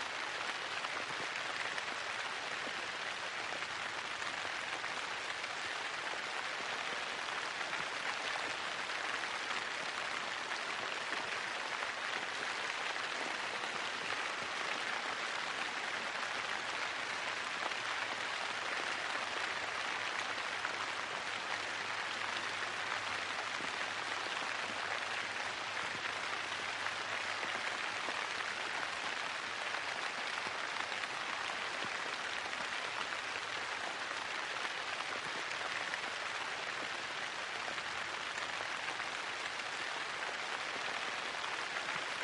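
Steady rain falls in a dense, even hiss of countless drops, holding the same bright, unbroken level from start to finish.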